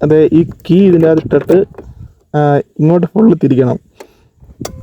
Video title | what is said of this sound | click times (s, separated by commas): 🔰🔥നമ്മൾ വിചാരിച്ച പോലെത്തെ ആളല്ല കേട്ടോ, ഒടുക്കത്തെ പവർ🔥🔰ATHER 450X 7- December 2024 | അപ്പൊ ടക്ക് സൗണ്ട് കേൾക്കും അപ്പോഴാണ് നമ്മുടെ ഈ ഒരു സീറ്റ് ഓപ്പൺ ആവുന്നത് കേട്ടോ | 4.6 s